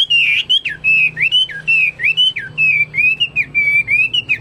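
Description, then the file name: Chinese hwamei song, a rapid series of looping whistled notes, many rising and falling. "omkicau hwamei"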